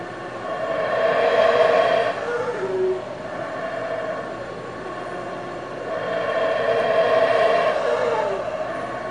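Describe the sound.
Howler monkeys roaring in two long, surging waves of hoarse, droning calls separated by a quieter stretch.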